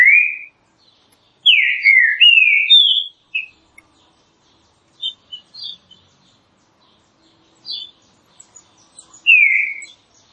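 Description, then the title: Green-winged saltator whistling short melodic phrases of rising and falling slurred notes, followed by quieter high chips and a final clear whistled phrase. Classic song style used for training. "Canto Clássico Trinca Ferro TREINAMENTO"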